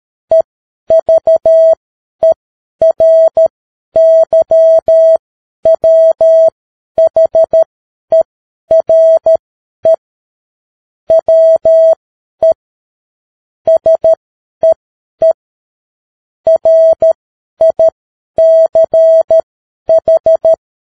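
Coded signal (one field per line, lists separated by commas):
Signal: Morse code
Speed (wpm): 13 wpm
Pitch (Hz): 650 Hz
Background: none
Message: EVERYWHERE WE SEE RICH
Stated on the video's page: Morse practice at 10 wpm.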